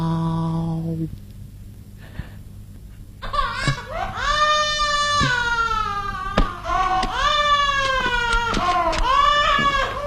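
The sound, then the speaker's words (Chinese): A baby who will not go to sleep cries in loud, high-pitched wailing bursts, each cry rising then trailing off, repeating several times after a brief low hum and a quiet pause at the start. “你这个孩子不睡觉，又是哭又是闹，急得爸爸直发烧”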